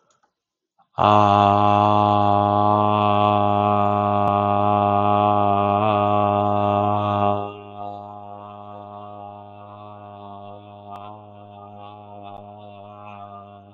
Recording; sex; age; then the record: vowel held as long as possible; male; 30 to 39 years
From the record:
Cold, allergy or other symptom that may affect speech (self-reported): no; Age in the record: 35 years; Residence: Ohio, United States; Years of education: 14